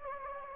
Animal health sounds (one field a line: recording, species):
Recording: mosquito wingbeat signal from an infrared sensor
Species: Anopheles gambiae